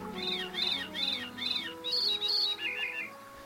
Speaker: That's the song of a veery, a woodland thrush that spirals out a lovely song from forest edge.